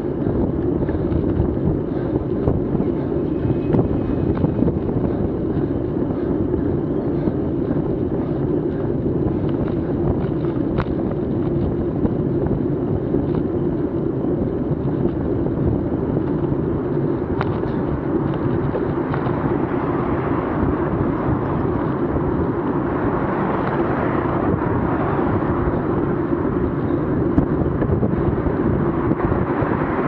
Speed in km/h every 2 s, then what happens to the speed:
27, 27, 26, 26, 26, 26, 26, 27, 27, 27, 27, 27, 27, 28, 27.
0-30 steady at about 27.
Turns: none.